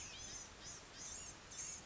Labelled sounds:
Blue-gray Gnatcatcher (Polioptila caerulea)
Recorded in Sonoma County, California

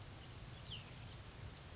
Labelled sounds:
Cassin's Vireo (Vireo cassinii)
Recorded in Sonoma County, California

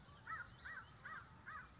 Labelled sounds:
American Crow (Corvus brachyrhynchos)
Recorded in Sonoma County, California

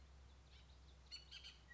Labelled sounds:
Bullock's Oriole (Icterus bullockii)
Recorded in Sonoma County, California

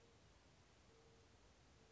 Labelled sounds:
Mourning Dove (Zenaida macroura)
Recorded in Sonoma County, California

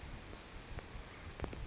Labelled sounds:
California Towhee (Melozone crissalis)
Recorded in Sonoma County, California

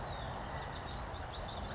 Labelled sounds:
Western Flycatcher (Empidonax difficilis)
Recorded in Sonoma County, California

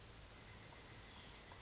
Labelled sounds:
Pileated Woodpecker (Dryocopus pileatus)
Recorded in Sonoma County, California

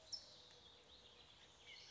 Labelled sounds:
California Towhee (Melozone crissalis)
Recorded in Sonoma County, California

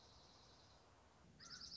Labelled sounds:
Dark-eyed Junco (Junco hyemalis)
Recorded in Sonoma County, California

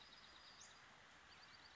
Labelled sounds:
Western Flycatcher (Empidonax difficilis)
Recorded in Sonoma County, California

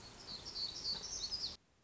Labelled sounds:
Black-throated Gray Warbler (Setophaga nigrescens)
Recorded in Sonoma County, California

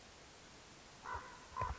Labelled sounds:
Common Raven (Corvus corax)
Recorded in Sonoma County, California

